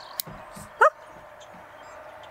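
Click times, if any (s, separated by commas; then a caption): 0.2 s. A solar panel cable connector is pushed into its mating connector and locks in with a sharp click at 0.2 s, making a permanent connection. A louder, brief burst follows at about 0.8 s over a steady background hiss.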